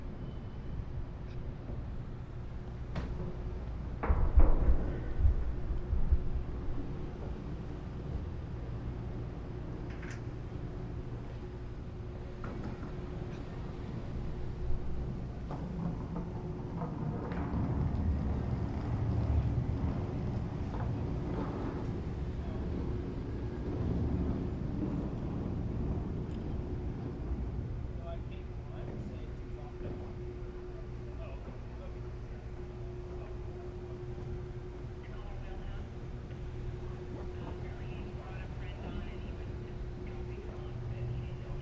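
Seattle-Bainbridge ferry boarding and launch: a steady low engine rumble with a constant hum, brief bangs near four seconds, and murmuring voices.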